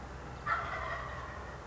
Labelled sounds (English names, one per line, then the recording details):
Wild Turkey
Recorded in Sonoma County, California